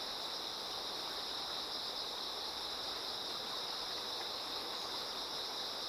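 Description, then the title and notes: Insects chirring together in one seamless high chorus, accompanied throughout by water rushing. Insects singing in chorus beside a slowly flowing river. "流れる川の音、虫の歌声に身を任せて. 川がゆっくり流れる音にのせて、虫たちが合唱する"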